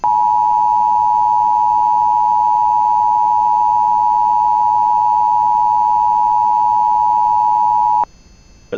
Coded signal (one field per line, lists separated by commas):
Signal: Emergency Alert System (SAME) tones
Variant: 853 and 960 Hz attention tone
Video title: EAS- New Mexico Statewide Child Abduction Emergency (CAE) On GWES Stream (11/25/23)